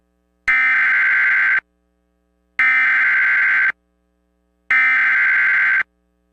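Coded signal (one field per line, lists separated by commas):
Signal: Emergency Alert System (SAME) tones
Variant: header bursts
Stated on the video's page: Mock EAS Amber Alert for Louisiana.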